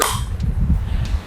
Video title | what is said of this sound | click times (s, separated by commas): Review & Test MOLLAR HD826 Bor Bobok Beton SDS Plus Hammer Drill 800 Watt | klik ya sampai terbunyi klik dan kita coba ya di kita tarik itu tidak | 0.0 s